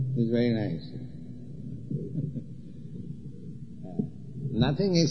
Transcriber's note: laughs